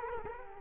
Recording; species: mosquito wingbeat signal from an infrared sensor; Culex quinquefasciatus